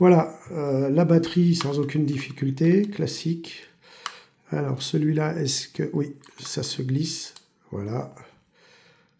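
Someone talks while sliding a battery pack onto the back of a Quansheng UV-K1(8) Mini Kong handheld radio. The pack has not yet seated or clicked into place by the end of the clip.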